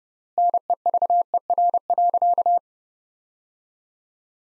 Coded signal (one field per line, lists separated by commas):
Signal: Morse code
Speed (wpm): 30 wpm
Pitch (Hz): 700 Hz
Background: none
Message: NEVER.